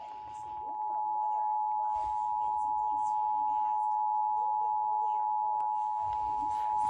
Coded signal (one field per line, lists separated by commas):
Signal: Emergency Alert System (SAME) tones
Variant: 853 and 960 Hz attention tone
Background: speech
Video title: EAS Alerts From 2/6/25 (EAS #3560-3566)